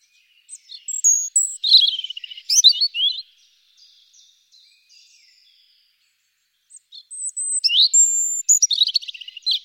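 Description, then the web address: European robin song in two bursts of high liquid twittering and thin whistled notes, separated by several seconds of near silence. "coll efromentin la rochelle. Rougegorge familier"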